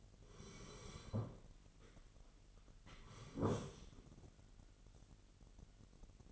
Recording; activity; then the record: daily activity, microphone in the room; sit down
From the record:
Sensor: 4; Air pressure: 999.3 hPa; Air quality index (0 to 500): 112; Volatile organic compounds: 2 ppm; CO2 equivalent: 1106 ppm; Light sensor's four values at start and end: 11/25/10/11 and 11/26/10/11